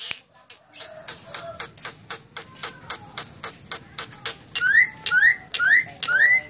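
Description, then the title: Nias hill myna song, a series of sharp clicks and chips leading into four loud rising whistles repeated about twice a second near the end. Nias hill myna singing loudly and persistently (gacor), recorded as a model for training other songbirds (masteran). "Burung Jalak Nias Gacor Suara Super Gledek Untuk Masteran"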